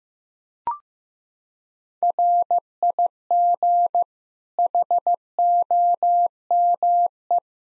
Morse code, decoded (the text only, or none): RIG HOME